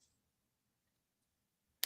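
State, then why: Seated. A wireless audio device is set onto its base or mount and twisted until it locks in place. After near silence with a faint low rumble, a single sharp click sounds at 1.8 s. The device is confirmed locked.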